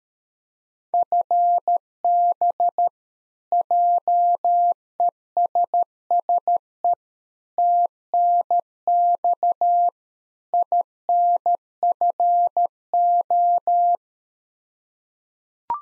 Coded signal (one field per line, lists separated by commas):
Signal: Morse code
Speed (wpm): 13 wpm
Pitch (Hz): 700 Hz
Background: none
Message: FB JESSE TNX INFO